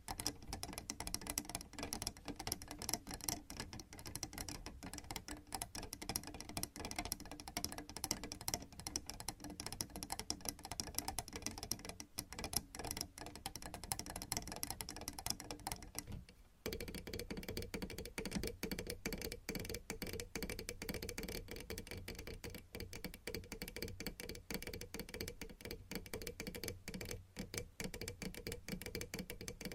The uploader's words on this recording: ASMR Scratching , Tapping & Massage with DIFFERENT Mics , Items & Nails No Talking.